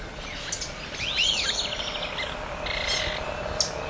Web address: cantos yetanegro